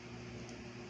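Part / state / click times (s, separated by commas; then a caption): jaw of a plastic dinosaur action figure locking into its head / not seated / none. The plastic jaw of a dinosaur action figure is worked through its action feature, trying to lock it into the head. Only a steady broadband hum with low tonal lines is heard, with no distinct hits. The jaw fails to lock, and nothing has clicked yet.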